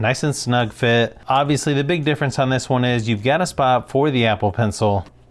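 Someone talks while handling an Apple Pencil next to the pencil holder of an ESR flexible TPU case for an iPad 10th Gen. The clip ends with only a faint, brief sound near 5.3 s, and nothing has seated or clicked yet.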